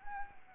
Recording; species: mosquito wingbeat signal from an infrared sensor; Anopheles arabiensis